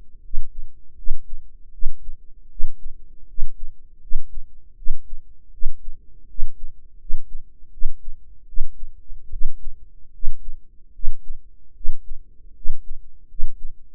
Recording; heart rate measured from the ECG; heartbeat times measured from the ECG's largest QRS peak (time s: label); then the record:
heart sounds by microphone in the right ear; 78 bpm
0.19 s: heartbeat
0.93 s: heartbeat
1.69 s: heartbeat
2.46 s: heartbeat
3.24 s: heartbeat
3.97 s: heartbeat
4.73 s: heartbeat
5.48 s: heartbeat
6.24 s: heartbeat
6.96 s: heartbeat
7.68 s: heartbeat
8.43 s: heartbeat
9.27 s: heartbeat
10.09 s: heartbeat
10.90 s: heartbeat
11.71 s: heartbeat
12.51 s: heartbeat
13.25 s: heartbeat
From the record:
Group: healthy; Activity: rest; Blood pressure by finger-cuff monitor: 113/68 mmHg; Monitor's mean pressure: 84 mmHg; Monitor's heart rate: 79 bpm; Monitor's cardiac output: 7.3 L/min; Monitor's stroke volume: 94 mL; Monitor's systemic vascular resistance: 840 dyn s/cm5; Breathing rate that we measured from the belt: 19 breaths a minute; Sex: female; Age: 23 years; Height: 160 cm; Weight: 50.4 kg